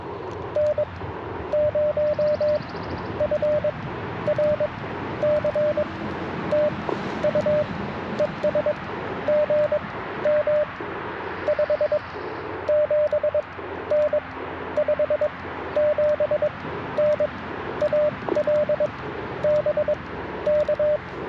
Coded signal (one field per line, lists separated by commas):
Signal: Morse code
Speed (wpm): 22 wpm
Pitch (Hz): 600 Hz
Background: radio noise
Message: N0FRC TU ES GM 57N 57N AL BK